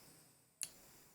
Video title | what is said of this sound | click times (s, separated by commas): DDW 2022: ASGE Global Endo Live, LAMS drainage of infected necroses | and it just clicked now | 0.6 s